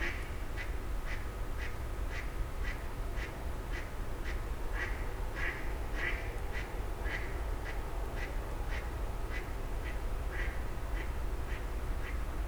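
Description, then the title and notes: Grey heron calls, a long run of clipped harsh notes repeated steadily, above a continuous low hum of traffic. Several grey herons exchanging calls at 04:00 as traffic gradually resumes, Fenouillet, France. "44 Rue des Gourgues, 31150 Fenouillet, France - 04h00-Dialogue de Hérons cendrés. 04h00-Alors que la circulation reprend peu à peu, des hérons cendrés se font des politesses"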